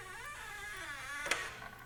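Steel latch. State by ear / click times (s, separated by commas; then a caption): seated / 1.3 s. The bolt-on locking piece of a GenRight JL swing-out tire carrier is dropped into the down position over a low background hum with some tonal sound. At 1.3 s it locks into place with a sharp metallic click, confirming the latch is seated in the down position.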